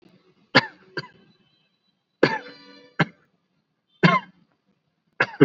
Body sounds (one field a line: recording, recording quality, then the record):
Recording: shallow voluntary cough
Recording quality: excellent, no background noise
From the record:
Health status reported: COVID-19 positive, mild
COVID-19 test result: positive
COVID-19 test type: RT-PCR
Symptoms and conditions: cough, diabetes, another condition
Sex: male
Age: 55 years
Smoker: yes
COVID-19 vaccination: both doses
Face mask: worn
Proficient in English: yes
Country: India